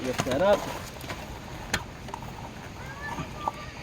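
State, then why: Seated. Someone talks briefly as the cover on a towing vehicle's electrical socket is lifted and the towed car's light cable plug is pushed into it. A sharp click at 1.7 s marks the connector locking into place, and it is then tugged to check that it is secure.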